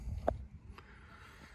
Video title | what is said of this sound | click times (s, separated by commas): How to fit new EGR VW Transporter T5 | Just do that and then you'll hear a click sound and then you can pull it out. | 0.3 s